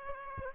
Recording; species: mosquito wingbeat signal from an infrared sensor; Aedes aegypti